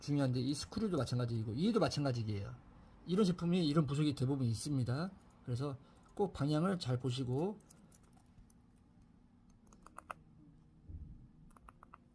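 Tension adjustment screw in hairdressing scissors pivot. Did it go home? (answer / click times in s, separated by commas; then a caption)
yes / 9.9 s, 10.0 s, 10.1 s, 11.7 s, 11.9 s. Someone talks for the first seven and a half seconds while the tension adjustment screw on the pivot of a pair of metal hairdressing scissors is turned during reassembly. Small, sharp detent clicks follow at 9.9, 10.0, 10.1, 11.7 and 11.9 seconds as the raised triangular detent catches in each notch. The clicking confirms the screw is seated and assembled correctly, since no sound would mean it was put together wrong.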